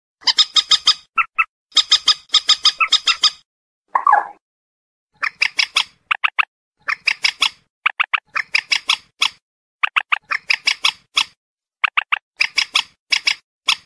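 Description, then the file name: Purple swamphen giving rapid cackling series of hoarse notes in short groups, broken by one wavering, lower wail around four seconds. "Tieng trich re keu"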